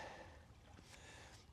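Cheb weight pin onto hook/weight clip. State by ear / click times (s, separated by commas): not seated / none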